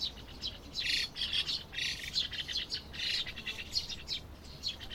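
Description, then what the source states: White-cheeked starling giving harsh, scratchy squawks in a rapid, uneven series of bursts, with brief pauses between volleys. Wild bird.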